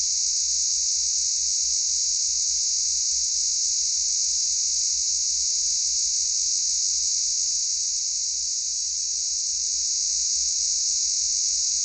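Cicada singing in a continuous, piercing, rasping buzz, unchanging in pitch and loudness, with a faint low rumble beneath.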